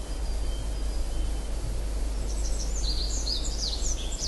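Tree pipit giving a short burst of high, rapid twittering notes late, with a steady low rumble throughout.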